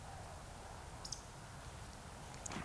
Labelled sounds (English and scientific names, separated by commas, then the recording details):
Eurasian Woodcock (Scolopax rusticola) whistle, Eurasian Woodcock (Scolopax rusticola) croak
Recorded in Baden-Württemberg, Germany, on 26 June 2021 at 20:27 UTC
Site 45499, 200 m above sea level